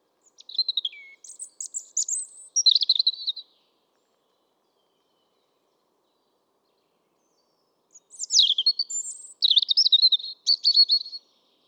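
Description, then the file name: European robin singing two high, tinkling phrases of quick trills, glides and whistles, with a long quiet gap between them; a clean recording with no other sounds. "Erithacus rubecula"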